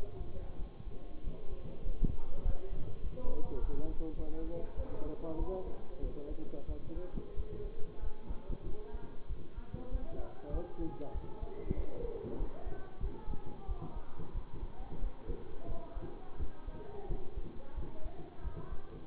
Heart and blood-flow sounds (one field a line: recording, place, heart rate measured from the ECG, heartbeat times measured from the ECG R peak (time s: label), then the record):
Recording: heart sounds by stethoscope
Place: between the tricuspid and mitral areas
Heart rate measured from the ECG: 94 bpm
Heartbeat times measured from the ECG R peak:
0.55 s: heartbeat
1.20 s: heartbeat
1.81 s: heartbeat
2.41 s: heartbeat
3.00 s: heartbeat
3.58 s: heartbeat
4.15 s: heartbeat
4.74 s: heartbeat
5.36 s: heartbeat
5.99 s: heartbeat
6.65 s: heartbeat
7.34 s: heartbeat
7.99 s: heartbeat
8.63 s: heartbeat
9.26 s: heartbeat
9.89 s: heartbeat
10.50 s: heartbeat
11.11 s: heartbeat
11.74 s: heartbeat
12.36 s: heartbeat
12.99 s: heartbeat
13.65 s: heartbeat
14.32 s: heartbeat
14.99 s: heartbeat
15.65 s: heartbeat
16.37 s: heartbeat
17.06 s: heartbeat
17.74 s: heartbeat
18.41 s: heartbeat
From the record:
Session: bicycle stress test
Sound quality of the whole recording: good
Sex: male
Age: 24 years